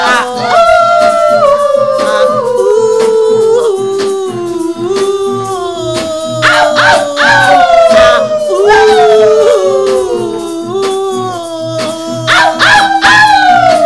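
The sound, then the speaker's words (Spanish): A group of women stands up and howls together, imitating wolves to invoke the 'wild woman': long, loud, overlapping cries that swoop and slide downward in pitch, repeated in waves with sharp yips breaking through. “Todas las mujeres salvajes arriba, aullando.”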